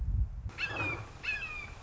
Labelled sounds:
Red-shouldered Hawk (Buteo lineatus)
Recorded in Sonoma County, California

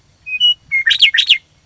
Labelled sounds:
Western Meadowlark (Sturnella neglecta)
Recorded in Sonoma County, California

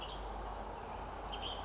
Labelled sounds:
Western Tanager (Piranga ludoviciana)
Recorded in Sonoma County, California

